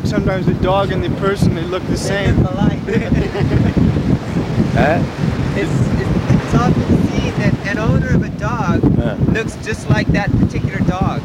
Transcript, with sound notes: Sometimes the dog and the person, they look the same.
They look alike. [laughter]
Eh?
It's often seen that an owner of a dog looks just like that particular dog.